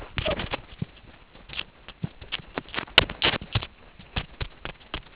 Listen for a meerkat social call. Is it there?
no